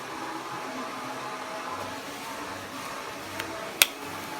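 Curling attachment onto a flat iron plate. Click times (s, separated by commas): 3.8 s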